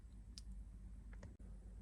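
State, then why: Seated. A detachable 7-inch screen is pushed onto the multi-pin plug of a Joying Android head unit being installed in a 2000 Mercedes ML320 (W163). It gives a sharp click at 0.4 s, followed by two fainter clicks at about 1.1 and 1.2 s as its small arms lock into place. The screen is seated and held securely.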